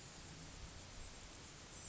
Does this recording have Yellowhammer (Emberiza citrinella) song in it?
no